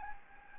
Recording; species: mosquito wingbeat signal from an infrared sensor; Anopheles gambiae